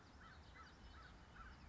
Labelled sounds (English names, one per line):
American Crow